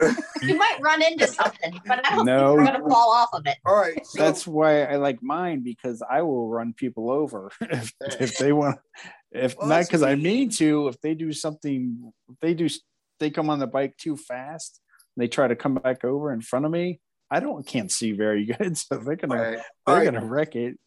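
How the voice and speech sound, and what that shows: Casual conversational speech from an adult male stroke survivor, with repeated false starts, restarts and pauses: mild word-finding trouble from aphasia.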